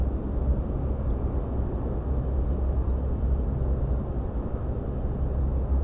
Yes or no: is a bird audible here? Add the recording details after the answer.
yes. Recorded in France